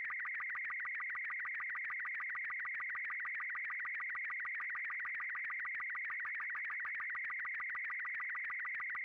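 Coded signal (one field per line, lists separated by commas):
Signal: SSTV (slow-scan television)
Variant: Robot36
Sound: continuous warbling buzzy tone with rapid regular ticking, like a chirping modem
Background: radio static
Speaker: You may want to lower your volume because I'm getting ready to show you a sample of the sound and let you see an image coming in.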